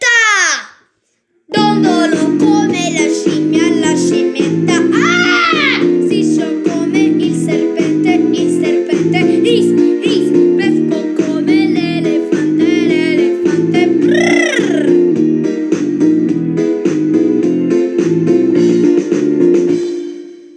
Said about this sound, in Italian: Sento una scimmia.